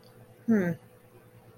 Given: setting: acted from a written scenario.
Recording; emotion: vocal sound without words; neutral